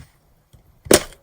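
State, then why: Released. The paper tray cover on the back of a Nelko PP01 mini photo printer is pressed and lifted open. A sharp snap at 0.9 seconds is followed by a faint tick, and the cover latch releases open.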